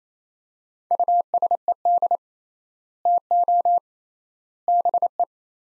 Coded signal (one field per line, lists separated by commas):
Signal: Morse code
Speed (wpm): 28 wpm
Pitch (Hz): 700 Hz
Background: none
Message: USED TO BE